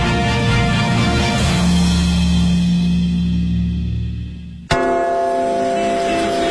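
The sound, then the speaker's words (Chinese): The deep bell of the Big Ben clock tower tolls with a long, humming resonance that slowly fades, followed by a second loud, sharp strike whose rich ringing overtones sustain to the end. No voices are heard. “大本钟的钟声记载着时间的流逝，”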